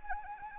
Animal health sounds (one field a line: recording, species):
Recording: mosquito wingbeat signal from an infrared sensor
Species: Anopheles arabiensis